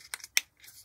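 Interior sub-assemblies of an HK Models 1/48 B-25J Mitchell plastic model bomber kit are pressed together into the cockpit halves. A small tick at 0.1 s is followed by a sharp, bright click at 0.4 s, then faint rustling. The parts snap into place and the fit is confirmed as seated.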